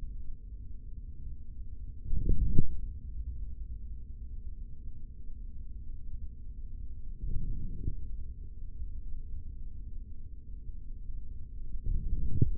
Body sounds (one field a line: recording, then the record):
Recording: forearm muscle sounds (acoustic myography)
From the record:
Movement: forearm pronation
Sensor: system 3, bracelet of six PUI Audio POM-2738L microphones around the upper forearm, with dedicated amplification and filtering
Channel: 2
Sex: male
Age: 25 years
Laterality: right